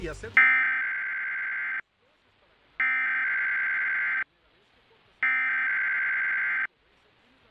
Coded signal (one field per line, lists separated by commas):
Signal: Emergency Alert System (SAME) tones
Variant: header bursts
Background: speech